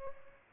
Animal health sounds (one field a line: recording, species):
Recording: mosquito wingbeat signal from an infrared sensor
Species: Aedes albopictus